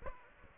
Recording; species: mosquito wingbeat signal from an infrared sensor; Aedes aegypti